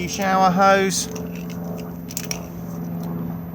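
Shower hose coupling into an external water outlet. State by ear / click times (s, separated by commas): seated / 2.2 s, 2.3 s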